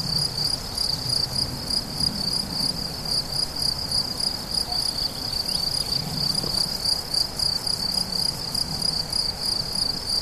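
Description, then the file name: Cricket song: rapid pulsed chirping in a high band, steady throughout, with faint low rumble underneath. Several crickets recorded 17 July 2013 at La Fortiche, with an MZ-N710 recorder. "grillons la fortiche 17 07 13"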